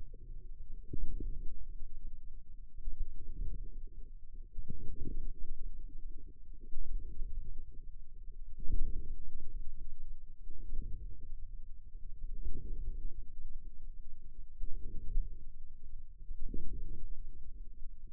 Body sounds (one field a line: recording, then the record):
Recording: forearm muscle sounds (acoustic myography)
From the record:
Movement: inward rotation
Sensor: system 2, bracelet of six BSWA MPA416 microphones around the upper forearm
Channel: 5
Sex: male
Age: 22 years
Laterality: right